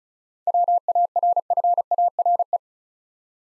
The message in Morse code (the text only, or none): WARFARE